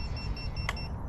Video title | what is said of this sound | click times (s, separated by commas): Aventon Level 3 ST Review - Step Through To A Sweet Ride! | Okay, so you heard that click. And now, all right, the wheel lock engaged. | 0.7 s